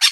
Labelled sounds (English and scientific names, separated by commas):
Brown-throated Parakeet (Eupsittula pertinax) contact call